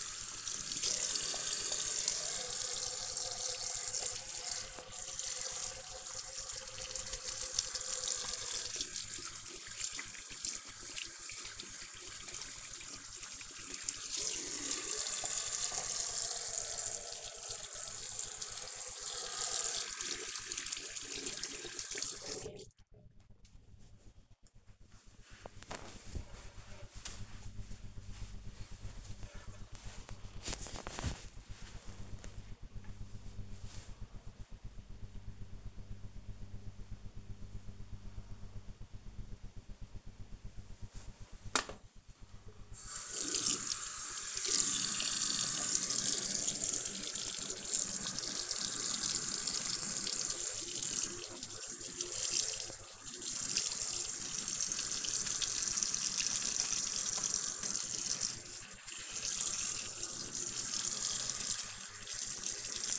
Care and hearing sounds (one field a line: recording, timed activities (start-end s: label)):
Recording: household activities, microphone on the right wrist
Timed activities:
0.00-22.59 s: washing hands
42.70-62.99 s: washing hands